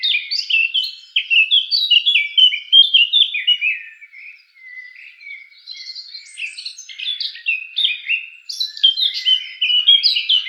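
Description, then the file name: Eurasian blackcap: a loud tumbling run of whistled notes, then a quieter lower passage, followed by another burst of bright varied warbling. "Sylvia atricapilla"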